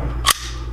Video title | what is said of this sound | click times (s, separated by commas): Sig P230 vs P238 - Old .380 vs New(er) | locks into place lever up and | 0.3 s